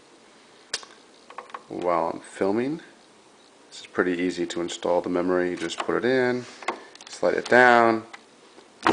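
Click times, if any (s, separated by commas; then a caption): 8.9 s. A memory module is slid down into a motherboard DIMM slot and pressed until the retention clips latch. Someone talks throughout, and there are a few short taps near the start. The module clicks into place on both sides at 8.9 s and is seated.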